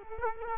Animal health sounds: mosquito wingbeat signal from an infrared sensor; Culex quinquefasciatus

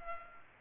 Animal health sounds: mosquito wingbeat signal from an infrared sensor; Culex pipiens

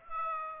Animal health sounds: mosquito wingbeat signal from an infrared sensor; Aedes aegypti

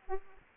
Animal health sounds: mosquito wingbeat signal from an infrared sensor; Aedes aegypti

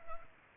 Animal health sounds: mosquito wingbeat signal from an infrared sensor; Culex pipiens

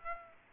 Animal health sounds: mosquito wingbeat signal from an infrared sensor; Aedes aegypti

